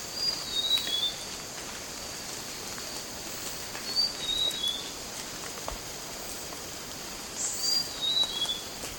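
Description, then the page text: Grey-chested jungle flycatcher giving short, thin, high whistled phrases of about three falling notes, repeated roughly every four seconds over faint background hiss. Recorded at Pinang Jatus, Gunung Lumut, Borneo, on 1 May 2007. "Sound of Grey-chested Jungle Flycatcher at Pinang Jatus, Gunung Lumut by BOORSMA, Tjalle - Borneo Bird Images"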